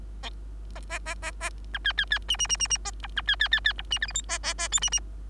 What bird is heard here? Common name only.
Bengalese Finch